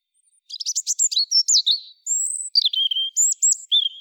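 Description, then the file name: European robin song: a rapid run of high, thin, tumbling notes, twittering phrases and clear whistled slurs, with a short pause midway. "Erithacus rubecula"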